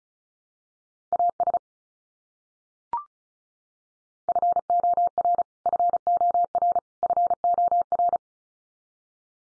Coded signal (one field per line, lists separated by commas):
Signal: Morse code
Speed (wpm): 34 wpm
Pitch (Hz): 700 Hz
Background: none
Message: AS FOR FOR FOR